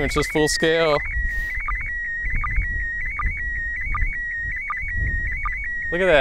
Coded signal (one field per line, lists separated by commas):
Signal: SSTV (slow-scan television)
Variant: PD 180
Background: speech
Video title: Rare MAI-75 USA ISS SSTV Reception - April 2016 Video #3